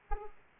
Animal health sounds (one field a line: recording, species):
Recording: mosquito wingbeat signal from an infrared sensor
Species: Aedes aegypti